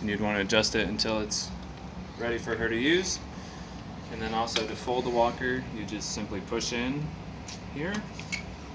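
Someone talks while pressing and holding in the release button on the side frame of a metal walker to fold it at its folding hinge latch. The walker is being handled, and the latch has not yet clicked into place or seated.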